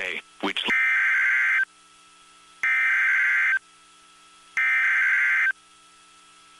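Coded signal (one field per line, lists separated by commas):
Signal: Emergency Alert System (SAME) tones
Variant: header bursts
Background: speech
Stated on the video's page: Compilation of alerts received across Shreveport.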